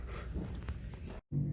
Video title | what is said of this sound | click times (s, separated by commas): Easy: How to fix a stuck piano key on a spinet piano | we go he has to snap now it's in | 0.7 s